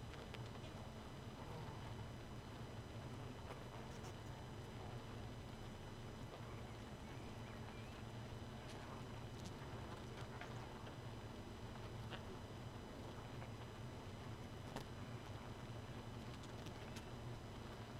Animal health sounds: honeybee colony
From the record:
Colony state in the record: missing queen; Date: 31 May 2018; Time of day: 2:43

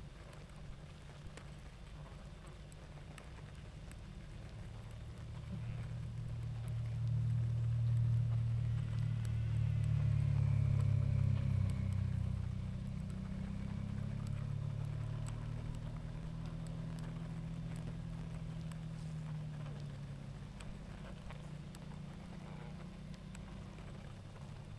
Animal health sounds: honeybee colony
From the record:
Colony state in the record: active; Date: 28 July 2017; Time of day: 20:57

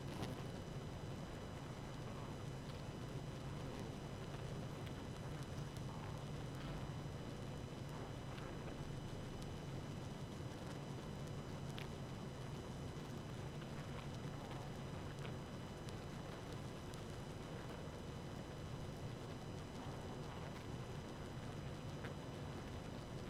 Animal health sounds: honeybee colony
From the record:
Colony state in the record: active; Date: 12 June 2018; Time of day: 1:05

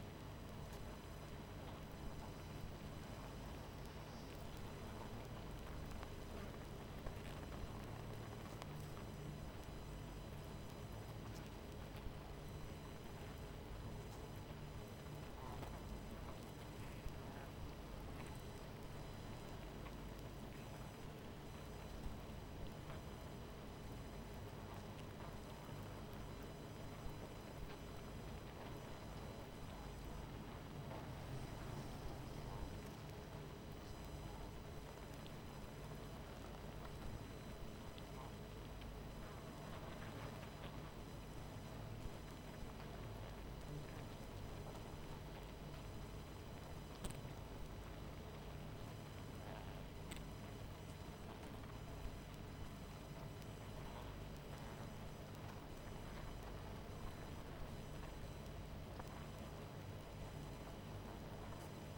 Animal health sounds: honeybee colony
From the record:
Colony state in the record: missing queen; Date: 14 July 2017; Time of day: 22:40

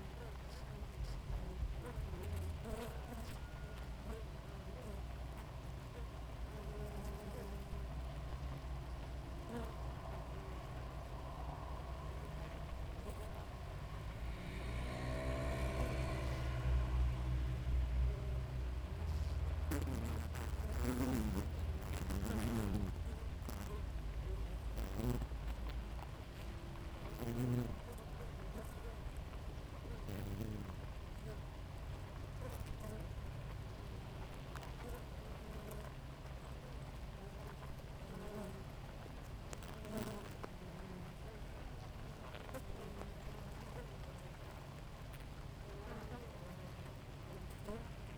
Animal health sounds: honeybee colony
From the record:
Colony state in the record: active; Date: 28 July 2017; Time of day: 4:57

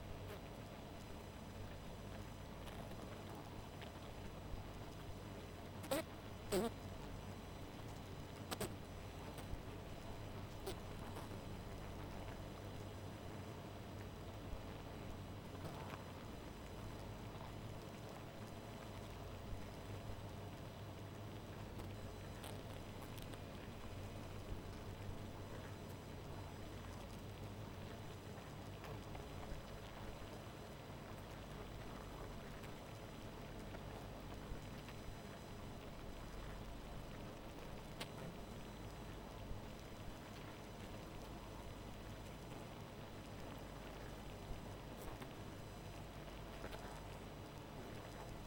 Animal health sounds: honeybee colony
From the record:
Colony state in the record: missing queen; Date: 14 July 2017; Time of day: 0:33

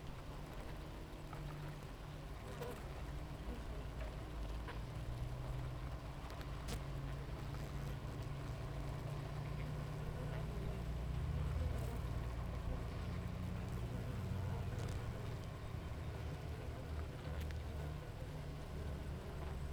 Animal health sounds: honeybee colony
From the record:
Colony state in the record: active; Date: 28 July 2017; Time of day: 7:22

